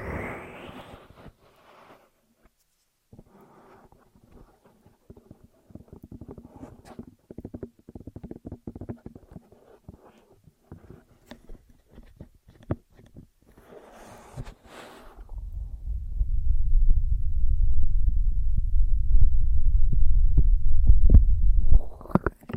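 Ear massage and cleaning: rapid, uneven rubbing and scratching pulses with short crackly bursts for the first fifteen seconds, pausing near three and fourteen seconds. After that a dense, low, muffled rumble takes over, growing louder toward the end before a brief brighter brush.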